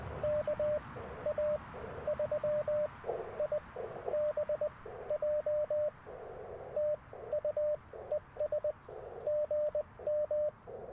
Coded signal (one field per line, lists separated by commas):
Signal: Morse code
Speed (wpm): 20 wpm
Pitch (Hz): 600 Hz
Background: radio noise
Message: KA3IBJ TU ES GM